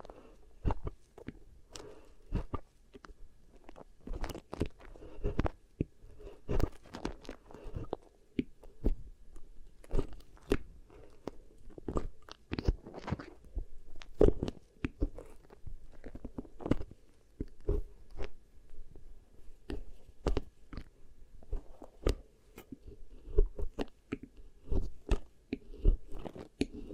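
Beeswax pressed and worked against the ear makes a steady stream of sticky, crackling clicks, sharp and bright, coming irregularly several times a second for the whole length. A soft, low murmur sits underneath between the snaps.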